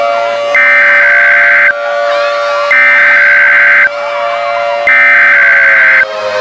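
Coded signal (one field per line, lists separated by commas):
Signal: Emergency Alert System (SAME) tones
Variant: header bursts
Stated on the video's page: Fictional EAS scenario themed on Mortal Kombat, made by a fan rather than broadcast.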